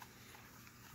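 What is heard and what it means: A camera battery is turned the wrong way round and pushed into the battery compartment of a Sony ZV-1F digital camera, making a brief faint knock at 0.0 s over low, steady noise. The retaining tab does not catch and nothing clicks or latches, so the battery will not stay in.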